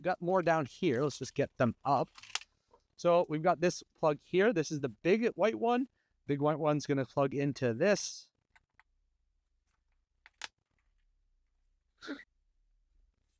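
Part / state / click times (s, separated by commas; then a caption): large white harness connector into radio wiring hub / seated / 10.3 s, 10.4 s. Someone talks, then plugs a big white multi-pin plastic harness connector into its mating socket on the wiring hub of an Ainavi 13.1-inch Android screen radio being installed in a Jeep. After a few faint handling ticks, the connector clicks at 10.3 s and 10.4 s, and it is seated.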